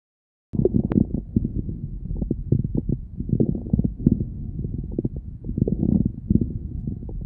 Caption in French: Ce sont des crépitants inspiratoires nombreux qui prédominent en mi-inspiration, mais peuvent occuper la presque totalité de l'inspiration. Ils s'associent à de nombreux crépitants expiratoires. Écoutez encore ces crépitants de bronchiectasie.